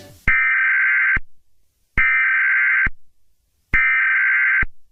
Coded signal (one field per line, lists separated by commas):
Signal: Emergency Alert System (SAME) tones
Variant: header bursts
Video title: EAS Scenario #1 | Gachatubers Invasion Part(e) 1 (leer description)